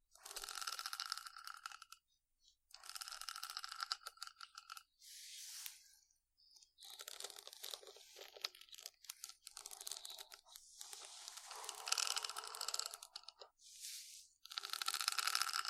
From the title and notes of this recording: ASMR Deep Brain Scratching（No Talking）.